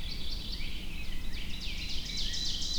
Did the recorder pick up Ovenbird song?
yes